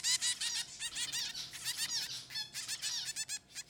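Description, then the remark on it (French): Chicks beg for food at the nest as a parent returns to it, a dense, continuous chorus of high, shrill squeaks and squawks, rapid and overlapping, pulsing in uneven bursts with no voices. “Là, en fait, c'est que le parent est revenu au nid, et donc ça a déclenché des comportements, des cris de quémande pour obtenir de la nourriture.”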